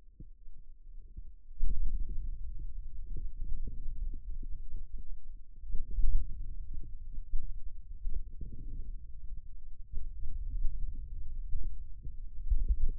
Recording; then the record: forearm muscle sounds (acoustic myography)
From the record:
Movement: wrist extension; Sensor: system 2, bracelet of six BSWA MPA416 microphones around the upper forearm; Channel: 2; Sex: male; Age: 22 years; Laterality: right